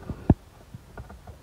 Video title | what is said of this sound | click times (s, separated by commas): 2004 Honda Civic Si Instrument Cluster Bulb Replacement | They just clip in. You heard that one snap. | 0.3 s